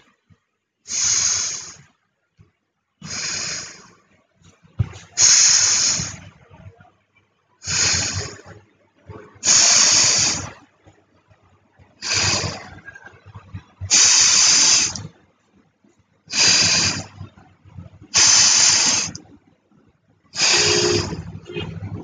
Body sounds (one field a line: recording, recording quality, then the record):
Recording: deep breathing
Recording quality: excellent, no background noise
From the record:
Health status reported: healthy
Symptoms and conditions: none ticked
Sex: female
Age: 21 years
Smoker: not ticked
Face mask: not worn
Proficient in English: yes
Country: India